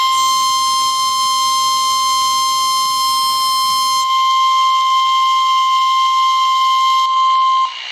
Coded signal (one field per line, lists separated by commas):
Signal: Emergency Alert System (SAME) tones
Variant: 1050 Hz attention tone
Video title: Severe Thunderstorm Warning for Paducah KY (EAS 29) 1/12/23